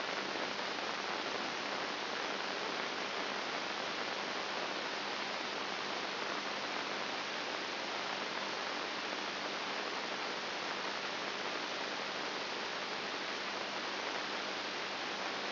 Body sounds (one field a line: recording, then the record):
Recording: brain microelectrode recording played as sound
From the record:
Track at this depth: inside the subthalamic nucleus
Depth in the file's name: 1.502 mm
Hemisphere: right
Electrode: 2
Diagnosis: Parkinson's disease